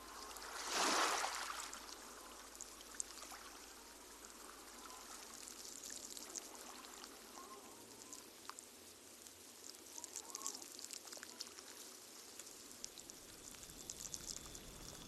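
Running water trickles and streams in a steady, bright hiss, with small drips and clicks scattered throughout. A loud pouring whoosh swells and fades in the first second or two. The patter grows slightly busier toward the end.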